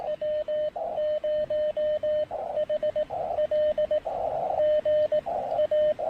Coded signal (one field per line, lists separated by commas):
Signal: Morse code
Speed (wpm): 18 wpm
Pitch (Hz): 610 Hz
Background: radio noise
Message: W0HL GA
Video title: POTA with 3 Watts! Pairing the MTR-3B, EFHW, and a new speaker at PIsgah National Forest.